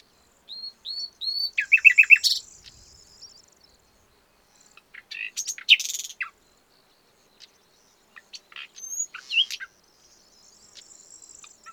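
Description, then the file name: Common nightingale song beginning with three arched whistles, then a rapid stuttering rattle, followed by scattered chirps and short notes. "Luscinia megarhynchos"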